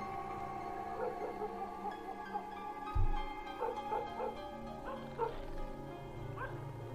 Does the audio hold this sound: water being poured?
no